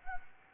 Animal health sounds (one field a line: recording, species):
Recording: mosquito wingbeat signal from an infrared sensor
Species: Anopheles gambiae